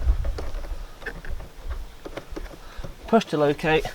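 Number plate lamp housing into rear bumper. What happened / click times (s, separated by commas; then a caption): Handled, not yet home: a small plastic lamp housing is being worked into its opening / none. After a new bulb is fitted, the plastic number plate lamp housing of a Vauxhall Insignia is handled and pushed up toward its opening in the rear bumper trim, with small knocks and scrapes from about 0.2 to 2.4 seconds. Someone talks near the end. Nothing has seated or clicked yet.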